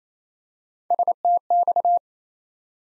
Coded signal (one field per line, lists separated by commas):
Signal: Morse code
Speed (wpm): 28 wpm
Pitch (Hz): 700 Hz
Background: none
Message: STX